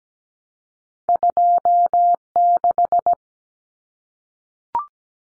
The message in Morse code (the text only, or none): 26